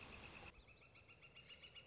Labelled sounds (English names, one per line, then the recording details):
Northern Flicker
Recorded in Sonoma County, California